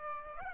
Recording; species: mosquito wingbeat signal from an infrared sensor; Aedes aegypti